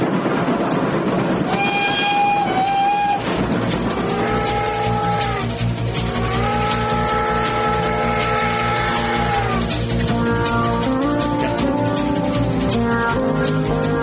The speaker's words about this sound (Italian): Allora, è un treno,